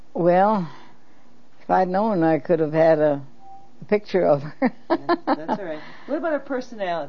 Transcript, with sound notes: well if I'd known I could've had a picture of her (laughs)
That's alright. What about her personality?